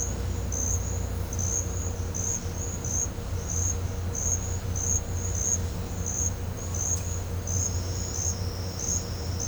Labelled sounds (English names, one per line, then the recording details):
none
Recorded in pastures near Puerto Asís, Putumayo, Colombia, on 18 December 2024 at 11:00
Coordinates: 0.502, -76.324
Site G077